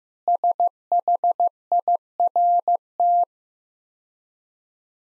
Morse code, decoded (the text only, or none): SHIRT